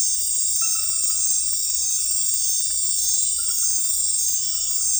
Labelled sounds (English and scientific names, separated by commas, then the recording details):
none
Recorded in dense forest near Puerto Asís, Putumayo, Colombia, on 20 February 2024 at 02:30
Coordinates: 0.484, -76.317
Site G6464